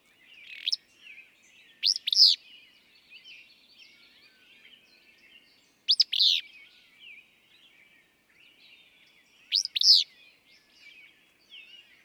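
Willow flycatcher song, a crisp burry two-note phrase repeated about every four seconds, with gentle background chatter from other birds.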